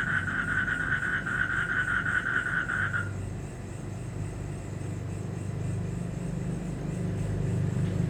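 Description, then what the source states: Frog calling with a steady, pulsed mid-pitched trill for about three seconds, then falling silent, over a continuous low street rumble. Street recording of frogs in Indonesia, 2012.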